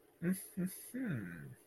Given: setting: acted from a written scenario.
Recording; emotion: vocal sound without words; pride